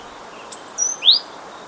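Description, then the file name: Great tit call: one quick phrase, a very high thin whistle, a slightly lower note, and a louder rising sweep, over faint hiss. "Parus major"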